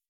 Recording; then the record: hydrophone in a shrimp aquaculture tank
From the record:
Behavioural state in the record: weakened